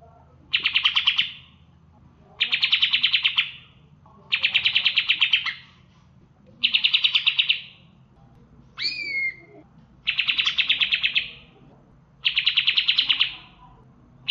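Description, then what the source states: Leafbird song: harsh, buzzy rattling bursts about a second long, repeated every two seconds, with one brief clear whistled note partway through over a low steady hum. Song with mimicry of ciblek (bar-winged prinia) calls (isian ciblek).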